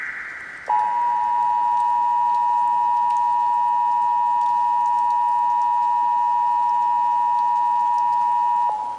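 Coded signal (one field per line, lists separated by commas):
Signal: Emergency Alert System (SAME) tones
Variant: 853 and 960 Hz attention tone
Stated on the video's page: Fictional short-film scenario alert, not a real broadcast.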